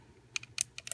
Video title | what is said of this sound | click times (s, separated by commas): Mastermind Creations - R07 FELISABER (Test Shot) | it locks into place there we go | 0.6 s